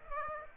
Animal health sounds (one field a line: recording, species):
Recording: mosquito wingbeat signal from an infrared sensor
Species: Aedes aegypti